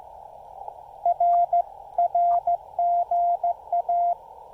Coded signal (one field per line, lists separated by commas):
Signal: Morse code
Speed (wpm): 16 wpm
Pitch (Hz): 700 Hz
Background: radio noise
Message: R R GA